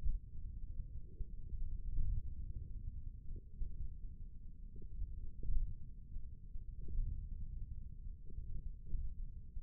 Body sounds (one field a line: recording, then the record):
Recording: forearm muscle sounds (acoustic myography)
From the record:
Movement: index flexion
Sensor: system 1, eight BSWA MPA416 microphones around the upper forearm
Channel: 1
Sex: male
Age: 28 years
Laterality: right